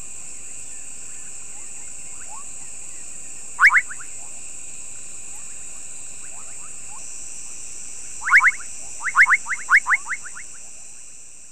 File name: Kassina senegalensis